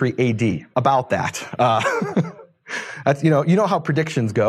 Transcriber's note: laughing